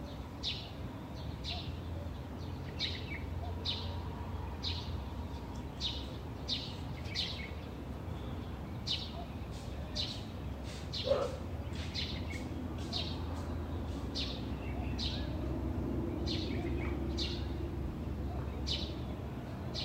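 Bird calls come one after another across the whole stretch, short bright chirps repeating every half second or so, some in quick chattering runs. Underneath sits a steady low rumble, and a single brief sharper call stands out near the eleven-second mark.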